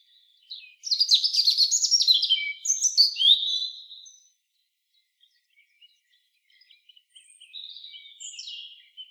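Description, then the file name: European robin singing a long, loud phrase of high, sweet, twittering trills and slurred whistles, a few seconds of quiet, then a softer, thinner phrase. "Erithacus rubecula"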